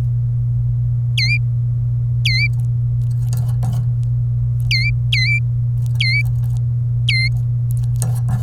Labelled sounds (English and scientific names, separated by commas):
Domestic Canary (Serinus canaria) song